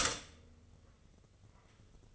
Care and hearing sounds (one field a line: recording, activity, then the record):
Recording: daily activity, microphone in the room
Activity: stop toaster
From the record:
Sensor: 4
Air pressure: 996.0 hPa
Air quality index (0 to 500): 66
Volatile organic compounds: 2 ppm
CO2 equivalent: 1191 ppm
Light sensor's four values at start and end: 12/29/11/12 and 12/29/12/12